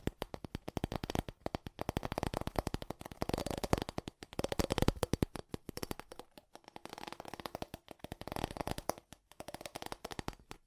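Fast tapping goes on without pause, dense rapid clicks tumbling over one another like shuffled cards. The taps come in uneven flurries, thickest around the middle and thinning briefly near six seconds before picking up again, each one crisp and bright with a soft knock underneath.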